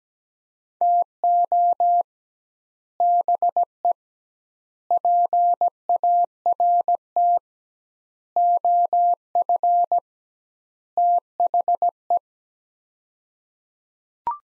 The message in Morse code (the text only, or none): TO BE PART OF THE